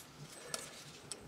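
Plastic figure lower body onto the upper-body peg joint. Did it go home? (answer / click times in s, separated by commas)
yes / 1.1 s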